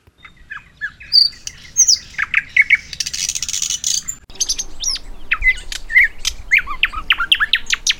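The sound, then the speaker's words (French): A nightingale, recorded in Tanzania, sings with no talking: a fast, varied stream of bright chirps, sharp whistles and crackling high trills, broken by brief pauses and growing denser and busier toward the end. “Alors du coup, peut-être qu'on peut écouter un petit peu à quoi ressemble le chant du rossignol enregistré en Tanzanie.”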